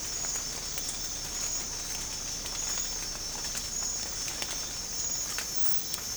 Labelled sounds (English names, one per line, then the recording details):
none
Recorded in pastures near Puerto Asís, Putumayo, Colombia, on 20 December 2024 at 05:00
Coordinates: 0.496, -76.326
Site G004